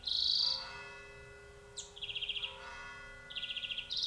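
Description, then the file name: European greenfinch: a loud wheezy note, then a quick high chip and two buzzy trilled rattles, with faint ringing tones in the background. "Chloris chloris"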